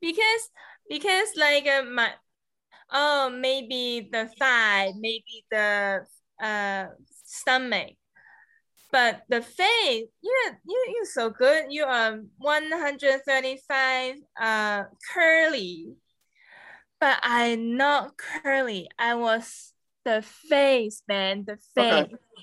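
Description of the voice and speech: Halting, fragmented speech from an adult woman after an injury, with long pauses, part-word repeats and substituted words, fitting aphasia.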